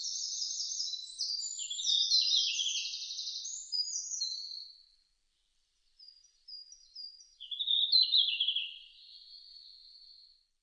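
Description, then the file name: Red-flanked bluetail giving high, thin warbled phrases of quick jumbled notes, one long phrase, a pause, then a second phrase, with no other clear sounds. Recorded 5 June 2005. "050605 ruribitaki"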